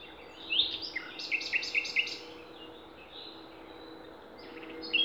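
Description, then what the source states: Songbird song: short, high chirped notes in a quick series, a few separate bright phrases with pauses, over a steady low background hiss. Songbirds singing in Demerje forest, 28 April 2020.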